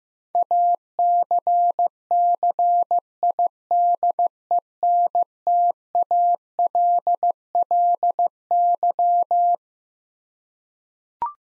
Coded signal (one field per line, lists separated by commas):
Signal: Morse code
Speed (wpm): 16 wpm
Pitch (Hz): 700 Hz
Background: none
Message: ACCIDENTALLY